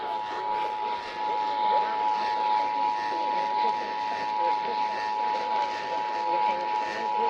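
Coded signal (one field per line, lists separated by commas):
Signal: Emergency Alert System (SAME) tones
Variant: 853 and 960 Hz attention tone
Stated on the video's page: Two severe thunderstorm warning alerts received as long-distance DX on an 820 AM broadcast station, picked up clearly.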